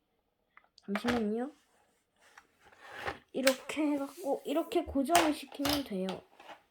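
A plastic part of a toy AK-47, probably the magazine, is handled and set against the toy rifle body while someone talks throughout, with a few faint ticks and light handling sounds. Nothing has seated or clicked yet; the part is not yet home when the clip ends.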